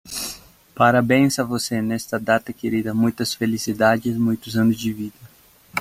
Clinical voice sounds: short text; Brazilian Portuguese; male; 20 to 29 years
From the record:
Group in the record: control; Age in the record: 29 years

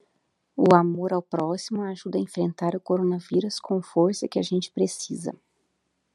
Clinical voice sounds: spoken sentence; Brazilian Portuguese; female; 30 to 39 years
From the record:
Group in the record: control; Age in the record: 38 years

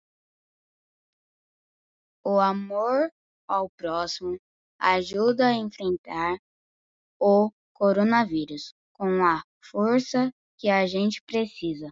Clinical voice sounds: spoken sentence; Brazilian Portuguese; female; 40 to 49 years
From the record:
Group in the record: control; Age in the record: 47 years

